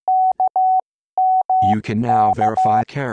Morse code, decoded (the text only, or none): KMK